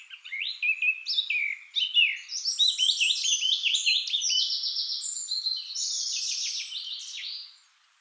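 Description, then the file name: Eurasian blackcap song: a varied, hurried warble of high twittering and whistled notes lasting about seven seconds before stopping. "Sylvia atricapilla"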